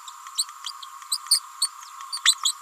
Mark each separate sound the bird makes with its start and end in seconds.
0.37-0.45, 1.11-1.18, 1.30-1.40, 1.61-1.69, 2.12-2.20, 2.25-2.35, 2.43-2.54